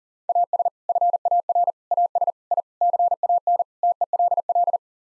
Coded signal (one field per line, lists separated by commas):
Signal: Morse code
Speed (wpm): 37 wpm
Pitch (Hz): 700 Hz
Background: none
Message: AS FAR AS I CAN TELL